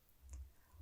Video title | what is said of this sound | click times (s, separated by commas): KORE Naloxone Training Video Version 2 | the needle can go through clothing if needed then push the plunger until it clicks | 0.3 s